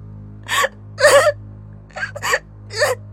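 A girl sobs in five breathy, shuddering gasps, each a short catch of breath with uneven pauses between, the middle ones strongest, with no speech.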